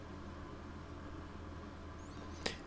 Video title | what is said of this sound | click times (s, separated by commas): Ultimate Headlight Upgrade - ZKW-R Lens - EASY DIY - e46 M3 - Bring the car up to 2020 standard | right there you heard it click out and that's what you're looking for for it to basically click out and pop out | 2.5 s